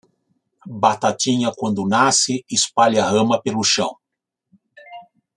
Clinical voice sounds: short text; Brazilian Portuguese; male; 60 to 69 years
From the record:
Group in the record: control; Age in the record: 60 years

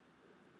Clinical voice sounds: short text; Brazilian Portuguese; male; 70 to 79 years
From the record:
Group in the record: control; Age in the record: 79 years

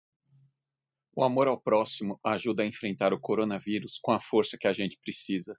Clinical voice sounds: spoken sentence; Brazilian Portuguese; male; 50 to 59 years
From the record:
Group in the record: control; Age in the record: 50 years

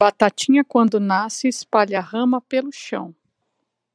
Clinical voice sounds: short text; Brazilian Portuguese; female; 40 to 49 years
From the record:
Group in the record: control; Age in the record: 42 years

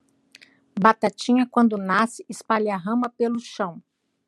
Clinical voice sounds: short text; Brazilian Portuguese; female; 50 to 59 years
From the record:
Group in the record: control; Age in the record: 57 years

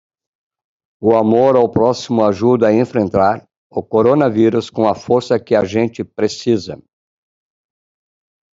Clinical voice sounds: spoken sentence; Brazilian Portuguese; male; 50 to 59 years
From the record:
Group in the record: control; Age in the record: 57 years

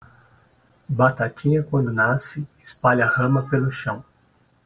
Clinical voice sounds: short text; Brazilian Portuguese; male; 40 to 49 years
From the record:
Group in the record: control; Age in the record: 49 years

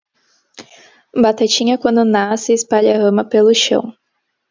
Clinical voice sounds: short text; Brazilian Portuguese; female; 18 to 19 years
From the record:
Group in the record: control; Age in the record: 19 years

